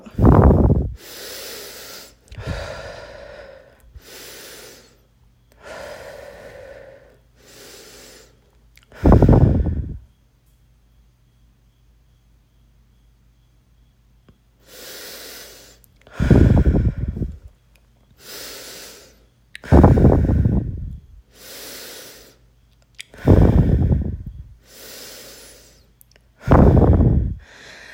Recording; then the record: deep breathing after running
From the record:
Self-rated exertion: vigorous exertion (4 of 6); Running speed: 6 miles an hour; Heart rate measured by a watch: 136 beats a minute at the start, 133 at the end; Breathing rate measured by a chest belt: 14 breaths a minute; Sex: female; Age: 18 years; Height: 171 cm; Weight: 75 kg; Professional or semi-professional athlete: no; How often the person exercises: 1 to 2 times a week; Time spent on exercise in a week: under 1 hour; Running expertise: no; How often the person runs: 1 to 2 times a week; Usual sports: running, fencing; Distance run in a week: 3 km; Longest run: 21.3 km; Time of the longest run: 190 minutes